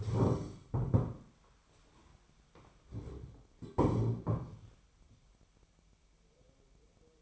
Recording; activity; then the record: daily activity, microphone in the room; stand up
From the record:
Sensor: 1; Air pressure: 1015.2 hPa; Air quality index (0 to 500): 191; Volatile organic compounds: 19 ppm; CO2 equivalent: 2670 ppm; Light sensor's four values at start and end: 12/30/12/13 and 12/29/12/13